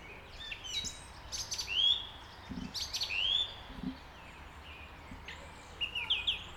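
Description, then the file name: Redwing song: slurred whistled phrases with twittering, repeated a few times, with occasional low thumps in the background. "Drozdziczek"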